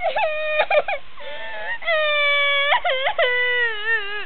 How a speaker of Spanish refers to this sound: Pues no te quedes callada. Dime algo. ¿Estás llorando?